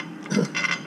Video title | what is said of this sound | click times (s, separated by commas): 1st Welding Project/Weldpro 155 GD with the 3/32 E6011 Electrode | here fits really well you hear it snap into place | 0.3 s